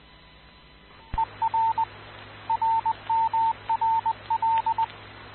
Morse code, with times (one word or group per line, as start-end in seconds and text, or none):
1.2-1.8 ER
2.5-4.8 RMRL